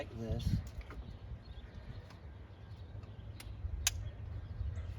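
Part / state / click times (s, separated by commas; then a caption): electrical connector plugging into secondary air system component / seated / 3.9 s. Someone talks as an electrical connector on the secondary air (smog) system of a 2007 Cadillac DTS is pushed onto its mating plug. A sharp, loud snap at 3.9 s marks the connector locking into place, fully seated.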